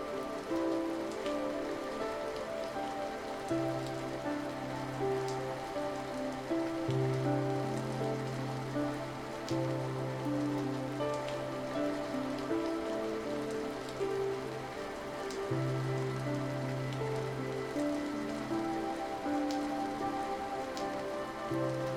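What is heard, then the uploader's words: Soft rain patters steadily against a window, a dense, even hiss with faint individual taps scattered throughout. Beneath it, slow sustained low tones shift from one long held note to the next every few seconds, like a gentle drone-based melody. A Rainy Ethereal Evening. Raindrops delicately tap on your window. The soft instrumental music add an extra layer of tranquility. The symphony of relaxing rain and music.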